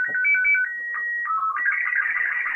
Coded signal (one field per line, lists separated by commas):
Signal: SSTV (slow-scan television)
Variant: Robot 12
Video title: Slow scan TV experiment 2